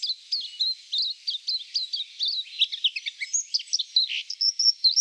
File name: silvereye